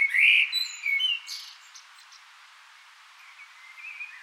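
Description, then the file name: Common blackbird giving a short fluted whistle and squeaky twitter at the start, followed by faint, drawn-out soft notes. "Turdus merula"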